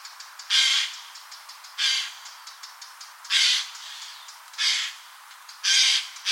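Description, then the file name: Eurasian jay screeching: five harsh, noisy squawks, with a sixth just starting at the end. "Garrulus glandarius"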